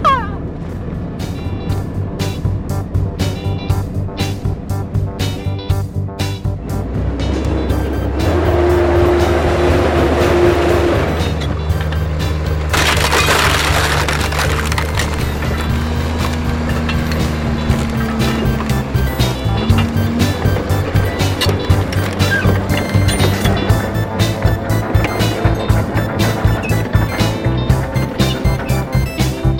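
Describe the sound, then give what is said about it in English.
A bulldozer crushes an old vacuum cleaner: a loud, steady engine rumble with rapid rhythmic metallic clanking, and a harsh burst of grinding and crunching partway through. No one speaks. “This looks like a vacuum from the 1600s. And it's in our way. So I think we should bulldoze the vacuum.”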